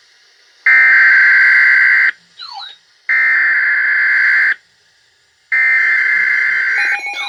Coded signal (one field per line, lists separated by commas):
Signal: Emergency Alert System (SAME) tones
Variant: header bursts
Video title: EAS #98 - 99 Severe Thunderstorm Warning